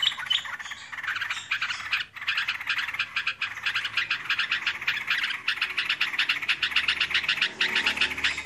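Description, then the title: Yellow-vented Bulbul chattering calls: a dense, almost unbroken stream of harsh, rapid chirps that carries on for the whole stretch. "burung rucukan"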